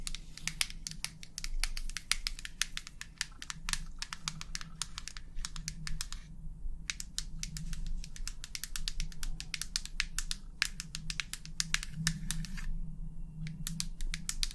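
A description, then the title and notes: Quick, crisp tapping in dense, irregular bursts, much like fingers on a keyboard, continuing almost without pause. Brief breaks come around six and a half and again near thirteen seconds. A steady low hum runs underneath throughout. ASMR 100% Tapping for the BEST Sleep & Tingles long nails, no talking.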